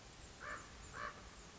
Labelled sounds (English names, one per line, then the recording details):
Common Raven
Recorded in Sonoma County, California